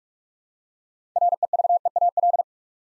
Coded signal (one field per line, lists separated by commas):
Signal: Morse code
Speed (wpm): 44 wpm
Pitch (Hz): 700 Hz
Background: none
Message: REVEAL